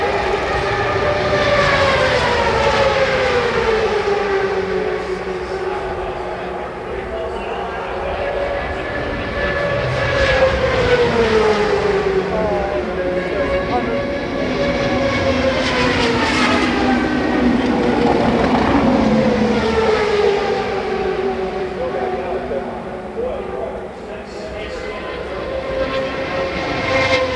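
IndyCar engines at Fontana scream continuously, several high whining tones layered together. Their pitch rises and falls in long sweeps as cars pass, with bursts around 10, 16 and 19 seconds. The roar stays loud throughout with only brief dips.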